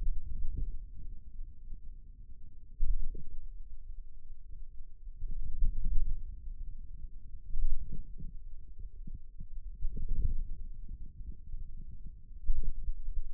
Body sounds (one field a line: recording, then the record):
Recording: forearm muscle sounds (acoustic myography)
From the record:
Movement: ulnar deviation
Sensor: system 2, bracelet of six BSWA MPA416 microphones around the upper forearm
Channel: 4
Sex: male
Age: 22 years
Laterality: right